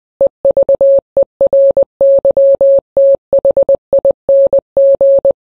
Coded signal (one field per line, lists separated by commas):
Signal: Morse code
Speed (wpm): 20 wpm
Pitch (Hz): 550 Hz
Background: none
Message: EVERYTHING